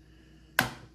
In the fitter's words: and there it goes okay so now it's snapped into place pretty nicely